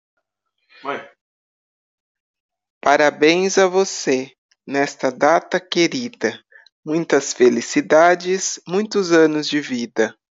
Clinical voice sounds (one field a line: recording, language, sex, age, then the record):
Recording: short text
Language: Brazilian Portuguese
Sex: female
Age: 50 to 59 years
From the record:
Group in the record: control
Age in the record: 51 years